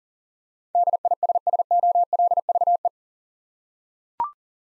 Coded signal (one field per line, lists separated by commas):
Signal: Morse code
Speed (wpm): 40 wpm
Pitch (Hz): 700 Hz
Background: none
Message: DISSOLVE